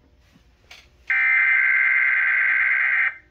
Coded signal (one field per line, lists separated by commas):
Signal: Emergency Alert System (SAME) tones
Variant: header bursts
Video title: KBSX Required Weekly Test Relay on EASyPLUS and TFT (EAS#383-384) (09/12/22)